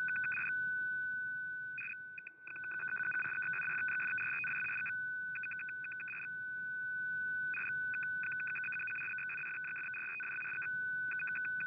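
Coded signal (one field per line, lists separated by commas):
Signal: numbers station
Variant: F06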